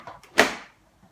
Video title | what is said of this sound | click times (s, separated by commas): Chicco Polly. Обзор на стульчик для кормления Чико Полли. | Если вы вдруг забыли его пристегнуть столик также просто регулируется до щелчка | 0.4 s